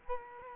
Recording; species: mosquito wingbeat signal from an infrared sensor; Culex quinquefasciatus